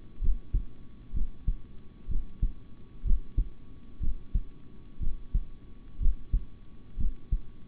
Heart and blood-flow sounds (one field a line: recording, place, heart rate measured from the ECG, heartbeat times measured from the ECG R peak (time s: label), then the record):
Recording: heart sounds by stethoscope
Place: between the tricuspid and mitral areas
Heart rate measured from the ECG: 62 bpm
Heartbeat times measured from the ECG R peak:
0.20 s: heartbeat
1.13 s: heartbeat
2.08 s: heartbeat
3.04 s: heartbeat
4.00 s: heartbeat
4.99 s: heartbeat
5.99 s: heartbeat
6.97 s: heartbeat
From the record:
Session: rest, sitting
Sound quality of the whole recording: good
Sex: male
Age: 26 years